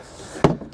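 A click-connect cable connector is pulled out of the mast socket of a Gen 2 Starlink satellite internet dish. After a quiet lead-in, a single sharp hit at 0.4 s marks the connector coming out, followed by a couple of faint softer knocks around 0.6 and 0.7 s. The connector is released from the socket.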